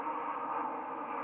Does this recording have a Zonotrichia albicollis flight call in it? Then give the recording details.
no. No flight call is heard. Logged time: 02:02 on 10 November 2014